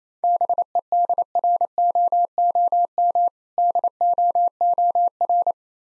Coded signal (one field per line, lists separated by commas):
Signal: Morse code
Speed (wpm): 27 wpm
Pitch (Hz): 700 Hz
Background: none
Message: BEDROOM DOOR